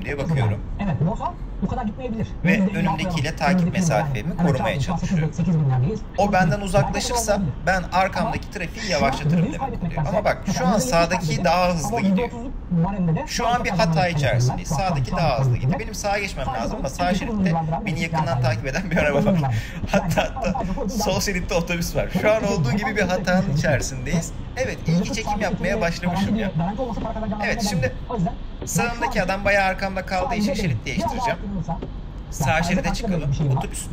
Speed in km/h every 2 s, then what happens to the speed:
76, 78, 80, 76, 75, 76, 75, 74, 73, 71, 72, 76, 80, 82, 83, 83, 85.
4-19 slows to 71. 19-24 speeds up to 80. 24-34 steady at about 83.